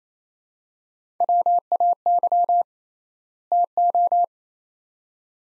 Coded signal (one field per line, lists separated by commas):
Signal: Morse code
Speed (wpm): 28 wpm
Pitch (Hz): 700 Hz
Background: none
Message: WAY TO